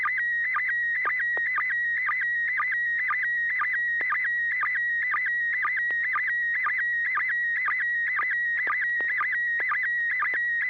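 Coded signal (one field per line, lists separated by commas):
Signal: SSTV (slow-scan television)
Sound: steady warbling high tone with rhythmic chirping pulses about twice a second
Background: low hum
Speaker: yeah I've got one to send out and let's see oops turn on templates I almost forgot to do that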